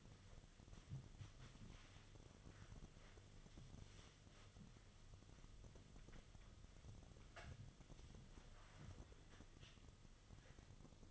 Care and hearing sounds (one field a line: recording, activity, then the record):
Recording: daily activity, microphone in the room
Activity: wipe stove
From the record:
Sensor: 4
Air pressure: 1005.6 hPa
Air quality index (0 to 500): 108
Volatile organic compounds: 3 ppm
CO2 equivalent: 1342 ppm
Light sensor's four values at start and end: 12/26/10/10 and 11/26/10/10